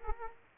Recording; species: mosquito wingbeat signal from an infrared sensor; Aedes aegypti